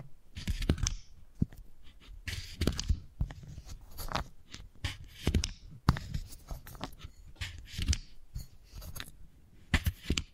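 Wooden balls clatter and roll in quick, irregular bursts of crisp clicks and knocks, with short rattling flurries between brief pauses. A few sharper taps stand out, near one second, around six seconds and at the very end, over a faint hiss.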